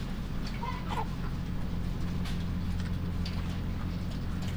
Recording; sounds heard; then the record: poultry house recording; sick chickens (respiratory disease)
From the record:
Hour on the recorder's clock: 3